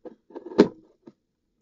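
The plastic cap of an InnoGear ultrasonic essential oil diffuser and humidifier is put back onto its base and turned slightly clockwise. A few soft plastic scrapes and taps lead to a sharp snap at 0.6 s as the cap seats into place, followed by a faint tap near 1.1 s.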